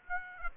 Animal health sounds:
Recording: mosquito wingbeat signal from an infrared sensor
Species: Aedes aegypti

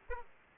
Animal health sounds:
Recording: mosquito wingbeat signal from an infrared sensor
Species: Aedes aegypti

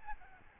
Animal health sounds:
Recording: mosquito wingbeat signal from an infrared sensor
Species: Aedes albopictus

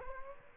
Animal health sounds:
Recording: mosquito wingbeat signal from an infrared sensor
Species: Aedes aegypti

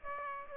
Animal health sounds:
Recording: mosquito wingbeat signal from an infrared sensor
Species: Aedes aegypti

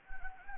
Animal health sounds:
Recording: mosquito wingbeat signal from an infrared sensor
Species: Anopheles gambiae

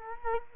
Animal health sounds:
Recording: mosquito wingbeat signal from an infrared sensor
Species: Culex quinquefasciatus

